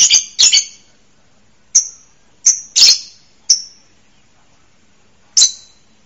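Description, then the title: Bird chirps: sharp, very high clinking notes, a quick cluster at the start, then single notes spaced irregularly over several seconds. Masteran, a tutor recording used to train songbirds. "LuckyBurung MasteranBest"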